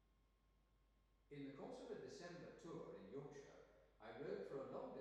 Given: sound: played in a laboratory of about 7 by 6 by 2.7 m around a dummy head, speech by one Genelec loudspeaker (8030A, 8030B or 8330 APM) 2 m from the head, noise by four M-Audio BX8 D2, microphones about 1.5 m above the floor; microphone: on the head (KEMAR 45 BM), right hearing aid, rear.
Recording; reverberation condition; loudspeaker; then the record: male speech in English; high; 60 degrees to the left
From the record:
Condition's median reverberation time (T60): about 1300 ms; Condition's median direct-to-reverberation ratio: about -4.0 dB